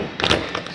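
On a Jayco Seismic 4113 toy-hauler RV, a fold-out rear deck railing piece is swung over and pushed into its mount on the ramp door. It snaps into place with two sharp, loud thumps at about 0.3 s and 0.3 s, followed by fainter knocks. The piece is seated.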